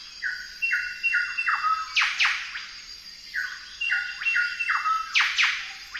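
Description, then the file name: Golden whistler song: clear whistled notes rising in a short series, each phrase ending in a loud, sharp downward whip, repeated twice about three seconds apart. "golden whistler bird singing"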